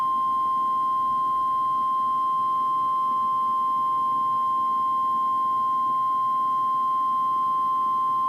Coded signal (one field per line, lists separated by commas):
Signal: Emergency Alert System (SAME) tones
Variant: 1050 Hz attention tone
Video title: EAS #52-54: Required Weekly Test